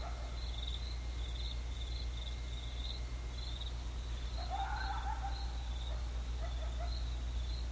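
Coyote howl, one wavering, rising tone midway through, with fainter ones after it, against a constant pulsing insect trill and low hum.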